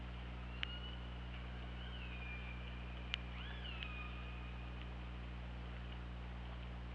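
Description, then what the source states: Killer whale calls: two clear arching tones with harmonics, each dropping into a long flat tail, with a few sharp clicks and steady underwater hum. OrcaLab hydrophone, 24 August 2017, about 21:10.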